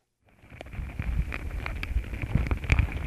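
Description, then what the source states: Ants scurrying, heard as a dense low rustling crackle with scattered sharper pops and clicks, over a faint steady hum. Hundreds of small black ants scurrying over contact microphones laid next to their nest, investigating them; some bite the microphones, making louder popping noises.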